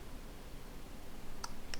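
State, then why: Seated. A small wire crimp pin is pushed back into a tiny plastic connector housing on a Diatone GT-R90 micro drone. Over a quiet low hum, two faint, sharp clicks sound at 1.4 s and 1.7 s as the pin seats into the housing.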